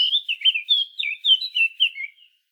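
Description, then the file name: Eurasian blackcap song, a loud clear warbling phrase of fluty, slurred whistled notes delivered quickly for about two seconds. "Sylvia atricapilla"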